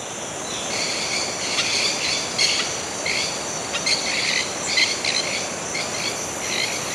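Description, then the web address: Maroon-tailed parakeet giving harsh, scratchy screeches in quick irregular bursts throughout, over a steady high insect drone. Ecuador. "Birds of Ecuador. Maroon-tailed Parrot"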